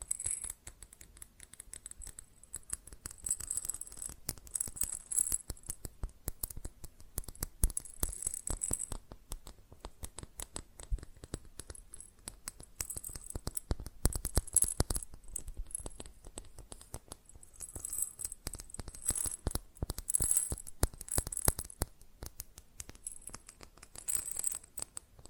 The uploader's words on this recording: ASMR Fast Tapping on GlassCeramic Objects (No Talking).